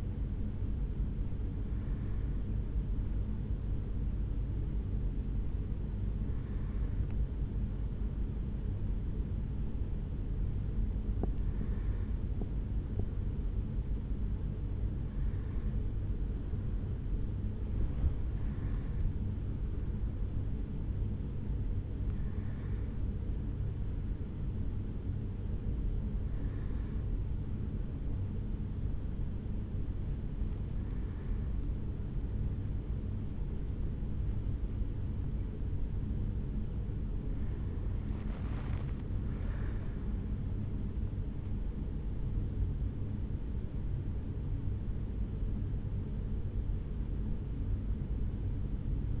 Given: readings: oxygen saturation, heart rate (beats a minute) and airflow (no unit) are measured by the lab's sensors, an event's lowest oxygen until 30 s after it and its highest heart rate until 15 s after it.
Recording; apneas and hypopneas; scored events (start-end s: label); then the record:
a person awake in a sleep study, by a smartphone at the bedside; none
0.00-49.20 s: awake
From the record:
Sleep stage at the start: awake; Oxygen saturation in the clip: 93 to 94%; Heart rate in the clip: 67 to 75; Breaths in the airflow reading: 9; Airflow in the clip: -8.2 to 6.1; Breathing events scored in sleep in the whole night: 449 in 7.0 hours asleep